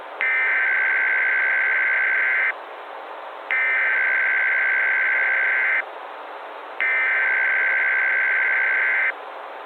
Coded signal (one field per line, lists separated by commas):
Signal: Emergency Alert System (SAME) tones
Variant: header bursts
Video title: EAS Scenario / Analog & Digital Horror - The Wrath Of Black Doom